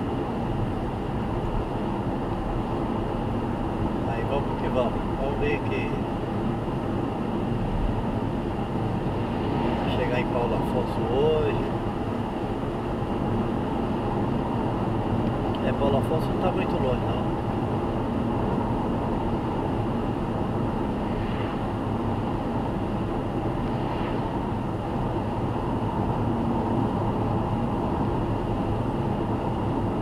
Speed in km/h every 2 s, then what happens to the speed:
85, 86, 84, 84, 87, 88, 90, 88, 87, 85, 83, 83, 85, 84, 81.
0-30 steady at about 85.